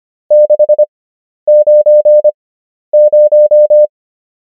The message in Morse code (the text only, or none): 690